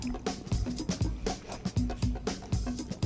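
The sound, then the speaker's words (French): Someone gulps cold, fizzy Dr Pepper soda from a can in a steady run of about seven swallows, each a soft low thump with a wet, bubbly edge, and no talking. “Donc, on va se gargariser le tout. Oui, faire passer le tout.”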